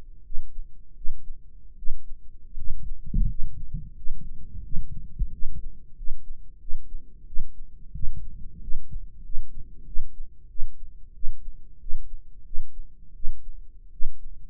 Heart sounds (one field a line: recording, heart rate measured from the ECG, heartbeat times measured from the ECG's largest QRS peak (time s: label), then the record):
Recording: heart sounds by microphone in the right ear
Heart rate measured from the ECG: 88 bpm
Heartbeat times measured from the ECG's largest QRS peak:
0.22 s: heartbeat
0.94 s: heartbeat
1.75 s: heartbeat
2.55 s: heartbeat
3.26 s: heartbeat
3.94 s: heartbeat
4.61 s: heartbeat
5.30 s: heartbeat
5.94 s: heartbeat
6.58 s: heartbeat
7.24 s: heartbeat
7.92 s: heartbeat
8.59 s: heartbeat
9.21 s: heartbeat
9.84 s: heartbeat
10.47 s: heartbeat
11.12 s: heartbeat
11.78 s: heartbeat
12.43 s: heartbeat
13.13 s: heartbeat
13.90 s: heartbeat
From the record:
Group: healthy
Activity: rest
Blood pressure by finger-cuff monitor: 131/77 mmHg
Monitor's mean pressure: 97 mmHg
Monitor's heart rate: 90 bpm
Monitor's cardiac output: 7.9 L/min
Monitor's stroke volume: 88 mL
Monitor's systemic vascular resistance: 890 dyn s/cm5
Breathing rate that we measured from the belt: 20 breaths a minute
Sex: male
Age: 21 years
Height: 180 cm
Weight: 67.5 kg